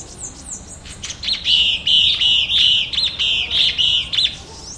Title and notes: pio da guaracava-de-barriga-amarela. Fonte: WikiAves